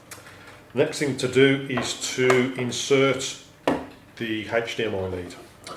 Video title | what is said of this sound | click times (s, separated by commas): Mapit Youtube Video MQ | so until it clicks okay | 0.1 s